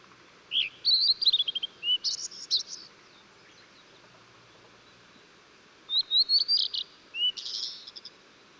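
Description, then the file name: Blue-and-white flycatcher song given twice, each phrase a run of clear slurred whistles dropping to a low note and closing with a rough buzzy burst. Recorded 14 June 2009. "20090614 ooruri"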